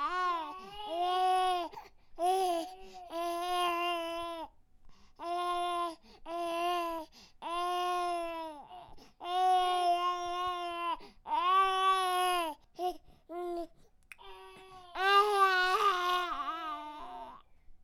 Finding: Monotonous baby crying.